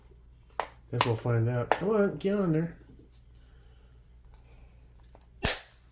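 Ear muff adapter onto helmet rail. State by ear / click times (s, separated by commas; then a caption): seated / 5.4 s. Someone talks while a Peltor hearing-protection ear cup adapter is pushed onto a helmet side rail. A few small fitting noises follow, then a loud, sharp plastic snap at 5.5 s as the adapter locks onto the rail with a solid click.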